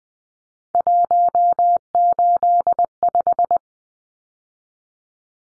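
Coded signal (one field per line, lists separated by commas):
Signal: Morse code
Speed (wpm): 20 wpm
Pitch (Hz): 700 Hz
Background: none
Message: 185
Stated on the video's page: Three-digit numbers in Morse at 20 wpm, each sent twice for head-copy practice.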